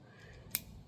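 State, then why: Seated. After the second pellet is loaded, the rotary pellet magazine of a Crosman Trailhawk .22 caliber air rifle is pushed forward slightly and turned clockwise in its housing. It indexes to the next chamber with a single sharp click at 0.6 s, over low background noise. The magazine is seated in the next chamber.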